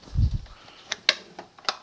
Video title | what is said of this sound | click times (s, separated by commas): 110 Gallon "Tall" Aquarium - Part 2 | down in here locks in place that's that | 1.1 s